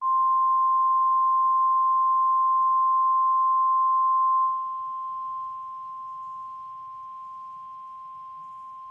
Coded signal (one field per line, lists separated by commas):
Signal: Emergency Alert System (SAME) tones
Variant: 1050 Hz attention tone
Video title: Required Weekly Test (EAS 445)